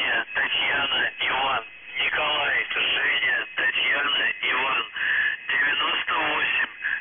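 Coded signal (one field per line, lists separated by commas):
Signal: numbers station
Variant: UVB-76, Russian voice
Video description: Callsign: NZhTI (НЖТИ) Message text: 98 774 SKAZANIYe (СКАЗАНИЕ) 29 59 52 64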